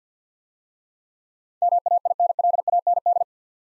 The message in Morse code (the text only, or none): MAINLAND